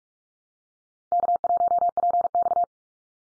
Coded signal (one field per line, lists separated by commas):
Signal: Morse code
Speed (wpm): 44 wpm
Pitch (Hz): 700 Hz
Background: none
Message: K1PX